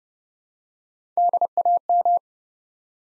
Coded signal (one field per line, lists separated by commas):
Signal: Morse code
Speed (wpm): 30 wpm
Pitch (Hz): 700 Hz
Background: none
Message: DAM